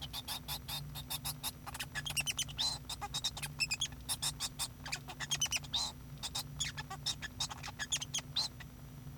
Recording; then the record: song of a male Bengalese finch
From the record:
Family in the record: son of father 2